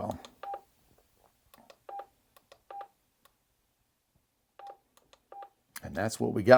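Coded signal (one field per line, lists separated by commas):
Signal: none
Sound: a radio's menu key beeps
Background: speech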